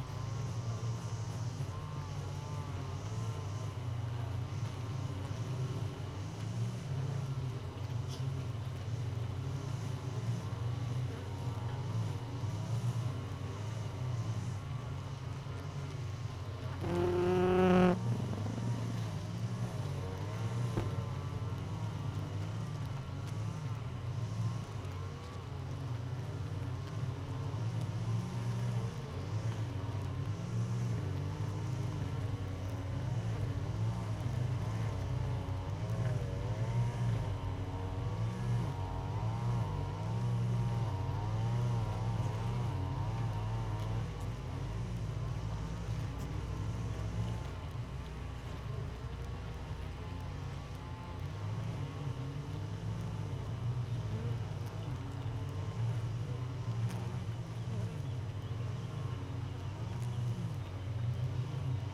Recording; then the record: honeybee colony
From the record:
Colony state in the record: missing queen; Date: 31 May 2018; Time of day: 4:58